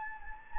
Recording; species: mosquito wingbeat signal from an infrared sensor; Anopheles gambiae